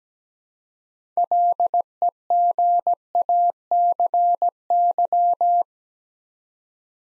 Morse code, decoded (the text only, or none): LEGACY